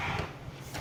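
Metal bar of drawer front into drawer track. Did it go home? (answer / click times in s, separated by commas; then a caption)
no / none. The metal bar on the front of a gray IKEA Sektion Bodbyn drawer is handled near the drawer track it will snap into. Low, muffled handling rumbles and rubs fill the clip, with a soft bump near 0.2 s and a brief brighter scrape around 0.75 s. Nothing has seated or clicked yet.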